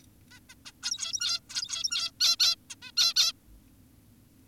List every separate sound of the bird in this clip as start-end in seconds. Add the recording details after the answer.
0.31-0.40, 0.50-0.54, 0.66-0.72, 0.83-1.40, 1.50-2.11, 2.20-2.36, 2.40-2.56, 2.70-2.76, 2.82-2.92, 2.97-3.14, 3.16-3.32. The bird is an adult. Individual g17y2U